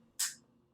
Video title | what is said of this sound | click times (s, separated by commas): Two Sun 118 Pocketknife. Fablades Full Review | gonna have this pretty nice clink | 0.2 s